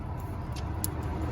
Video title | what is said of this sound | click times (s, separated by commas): Change Distributor On A Nissan Xterra | push and pull, it snaps right in. Yep. | 0.8 s